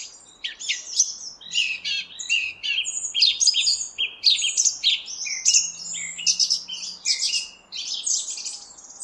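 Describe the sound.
Song thrush song, a busy run of sharp chirping and trilled phrases over a soft low hum.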